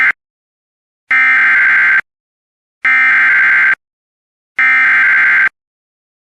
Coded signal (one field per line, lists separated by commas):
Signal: Emergency Alert System (SAME) tones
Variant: header bursts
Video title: EAS Alerts 6195-6199 From 09/06/24